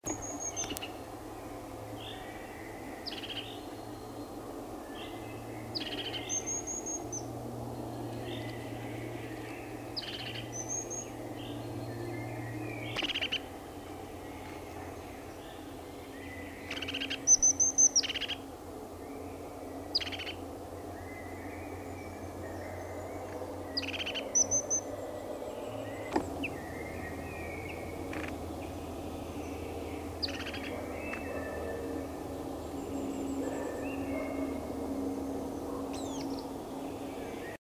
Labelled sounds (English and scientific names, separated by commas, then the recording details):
European Crested Tit (Lophophanes cristatus) alarm call, Common Blackbird (Turdus merula)
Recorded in the wild
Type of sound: alarm call
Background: Turdus merula
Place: Breitenbach, Baden-Württemberg, DE
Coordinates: 49.0417, 10.2128
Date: 1971-04-30
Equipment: Uher Report 4200, Scotch-Classic 19cm, AKG D190C in Doppelparabolreflektoren
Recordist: Krey, Winfried
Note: Warnrufe am Nest